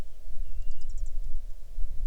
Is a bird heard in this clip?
yes